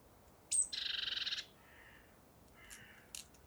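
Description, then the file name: Great tit call: a sharp high note into a harsh, rapidly pulsed churring rattle, followed by a fainter, lower buzzy phrase. "Parus major"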